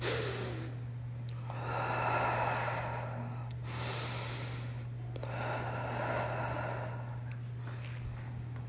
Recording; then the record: deep breathing after running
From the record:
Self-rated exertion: moderate exertion (3 of 6); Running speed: 5 miles an hour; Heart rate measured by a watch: 98 beats a minute at the start, 99 at the end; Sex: female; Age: 51 years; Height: 160 cm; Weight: 57 kg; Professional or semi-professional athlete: no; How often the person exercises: over 5 times a week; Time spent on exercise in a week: 1 to 2 hours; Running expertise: no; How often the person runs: under once a week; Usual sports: yoga